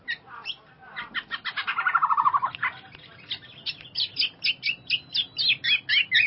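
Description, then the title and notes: Bird song that opens with a hurried run of notes growing louder, then a brief pause and a quick series of high, short chirps. "Bird Sound. Kicau Burung Lengkap"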